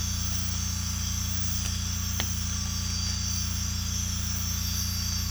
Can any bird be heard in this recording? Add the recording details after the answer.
no. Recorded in secondary vegetation near Puerto Asís, Putumayo, Colombia, on 18 December 2024 at 04:30. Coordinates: 0.485, -76.322. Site GP08